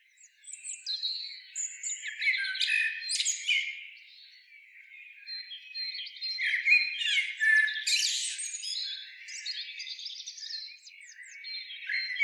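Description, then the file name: Eurasian blackbird giving rapid, scratchy warbled phrases full of high twitters and squeaks, separated by brief quieter gaps. "Turdus merula"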